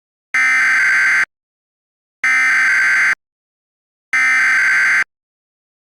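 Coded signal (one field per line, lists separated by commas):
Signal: Emergency Alert System (SAME) tones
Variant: header bursts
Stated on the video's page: Fictional scenario alert.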